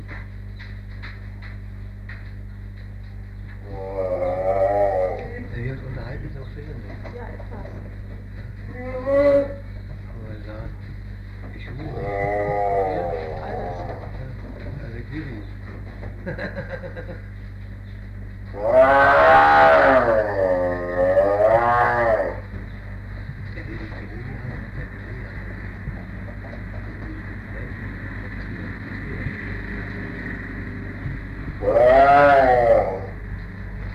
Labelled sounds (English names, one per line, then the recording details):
Sun Bear call
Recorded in captivity
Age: adult
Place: Tierpark Berlin, Berlin, DE
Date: 1959-05-28 10:00
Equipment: Smaragd
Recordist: TSA